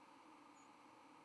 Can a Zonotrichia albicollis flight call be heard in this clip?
yes